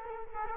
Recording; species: mosquito wingbeat signal from an infrared sensor; Culex quinquefasciatus